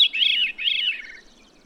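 Bird song fragment: two quick, high, warbled slurred notes, then the sound tails off.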